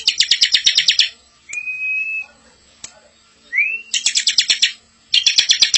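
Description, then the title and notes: Bar-winged prinia song: rapid bursts of high, scratchy chirps in one-second trills, broken by two smooth whistled notes, one level and one rising. Ciblek singing in the ngebren style, used as a tutor recording for training a white-rumped shama. "Ciblek Ngebren Untuk Masteran Murai Batu. Suara burung ciblek - Suara Nada"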